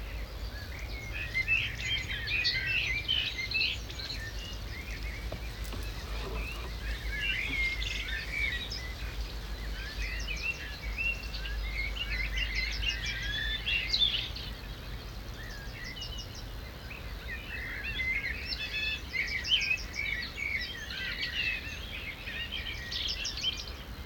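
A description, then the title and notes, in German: A morning chorus of starlings chatters and whistles almost without pause, dense bright calls clustered in bursts across the whole stretch. Beneath them runs a steady low rumble of background noise, with a brief sharper disturbance around the sixth second. Morgen in der Lehmgrube (Kopfhörerfassung). Ein Morgen mit mehr Staren - aber mehr Störgeräuschen.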